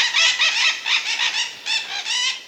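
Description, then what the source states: Scarlet-fronted parakeets calling: a rapid series of harsh, screechy squawks. Fruit-eating birds, drawn to fruits whose waxy surfaces reflect ultraviolet light.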